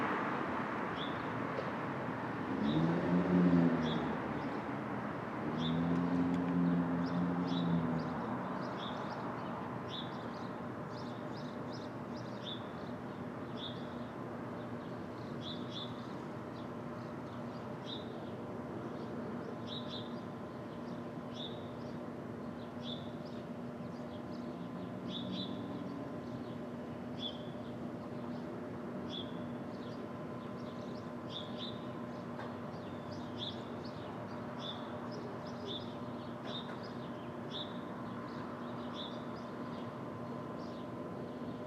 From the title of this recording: Brooklyn Dawn, 4 - 17 - 20, Street Traffic II